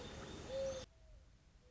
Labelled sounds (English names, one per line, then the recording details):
Mourning Dove
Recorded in Sonoma County, California